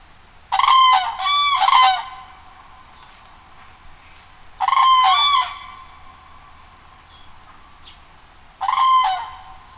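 Common crane trumpeting calls, loud rolling bugled notes in three bursts roughly every four seconds, some doubled, over a quiet background.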